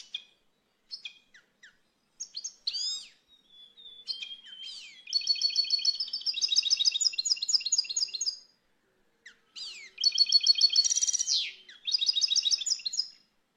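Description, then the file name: Finch song, a long varied twittering of high liquid notes, fast buzzy trills and sweeping whistles, broken by a short pause, then starting again. "Canto do pintassilgo"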